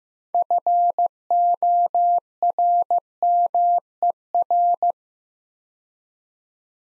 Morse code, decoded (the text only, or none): FORMER